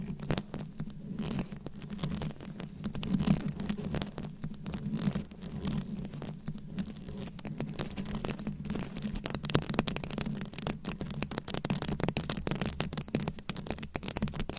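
Fast, aggressive scratching of a microphone with nails, a dense rapid stream of crackly rasps over a steady low rumble, continuous throughout.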